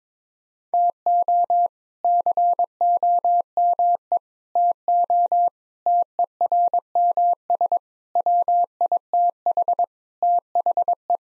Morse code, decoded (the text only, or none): TO COME TO TERMS WITH THE